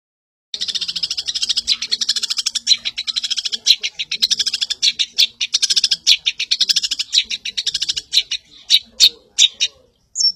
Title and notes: cendet. Bermacam macam suara kicauan burung Masteran